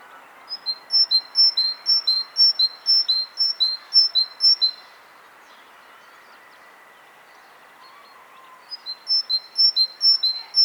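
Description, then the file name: Great tit repeating a bright high-low two-note phrase for about five seconds, falling silent for several seconds, then resuming the same rhythmic seesaw near the end. "Parus major"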